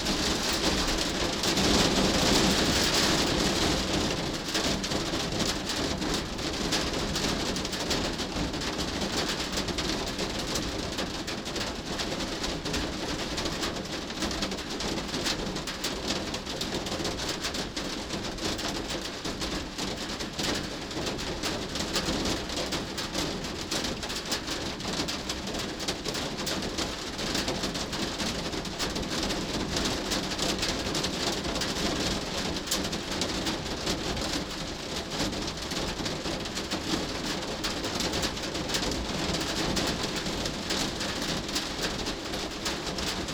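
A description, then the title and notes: Steady rain falls on a spring evening, a dense, even patter spread from low to bright with countless drops striking surfaces. A brief brighter swell comes in the first few seconds, then the downpour holds level throughout, with a faint low rumble underneath. Caravan 1: In the Rain. Back on Ngarigo land, it’s a spring evening and it’s been raining for a few days. We’re in a caravan and the rain is pattering on the roof, whilst big droplets are also falling from the trees above.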